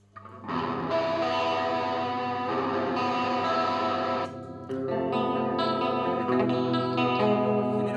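Electric guitar played through a chorus pedal, sustained chords with a shimmering, slightly detuned doubled tone and mild grit. The strumming breaks off briefly midway before a new chord rings out.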